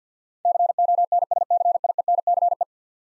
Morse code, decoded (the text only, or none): CONSCIENCE